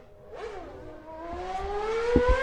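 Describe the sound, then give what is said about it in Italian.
A small motor scooter engine revs up, its buzzing whine climbing steadily in pitch and growing louder over a couple of seconds, with a few low thumps near the end. “Il mio motorino fa sto rumore.”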